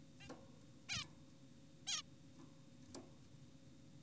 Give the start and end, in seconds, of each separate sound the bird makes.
0.21-0.28, 0.89-1.04, 1.87-2.02